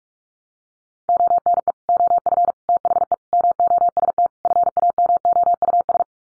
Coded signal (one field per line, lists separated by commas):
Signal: Morse code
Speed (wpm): 44 wpm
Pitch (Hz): 700 Hz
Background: none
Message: ONE OF THE MOST FAMOUS